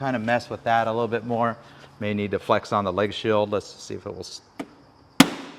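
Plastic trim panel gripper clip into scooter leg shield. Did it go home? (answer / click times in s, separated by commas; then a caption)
yes / 5.2 s. Someone talks while flexing the plastic leg shield of a crash-damaged Vespa Primavera scooter and pushing the popped-out top of a plastic trim panel back into place. A single loud, sharp snap at 5.2 s marks the panel's gripper clip seating back into the leg shield.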